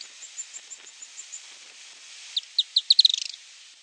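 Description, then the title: Firewood-gatherer call, a sequence of sharp high notes accelerating into a rapid chattering trill, preceded by faint soft high chips. "LuckyPassaro Completos2Sama. Firewood-gatherer (Anumbius annumbi)"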